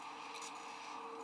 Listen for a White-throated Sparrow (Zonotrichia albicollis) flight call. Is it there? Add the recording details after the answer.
no. No flight call is heard. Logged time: 01:15 on 18 December 2014